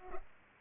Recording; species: mosquito wingbeat signal from an infrared sensor; Culex pipiens